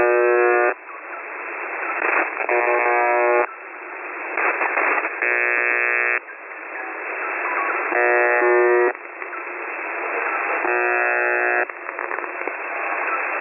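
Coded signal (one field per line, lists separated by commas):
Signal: channel marker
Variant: UVB-76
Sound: radio static broken by about five or six harsh one-second buzzes, repeating every few seconds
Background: radio static, faint music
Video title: UVB-76/The Buzzer (22nd August 2020, 10:42 UTC) music and buzzing?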